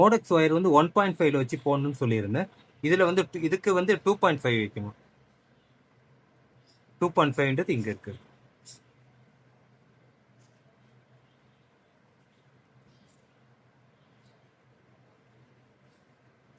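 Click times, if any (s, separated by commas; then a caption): none. A metal crimp terminal is being handled at the size-25 die of a ratchet crimping tool, while someone talks from the start to about 5 s and again around 7–8 s. The rest of the clip is quiet, with only a faint low hum. Nothing has clicked or locked into the crimper jaws yet.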